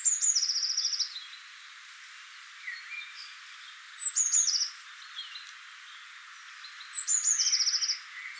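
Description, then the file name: Eurasian blue tit: a high thin note followed by a rapid buzzy trill, given three times, with faint chirps between. "Cyanistes caeruleus"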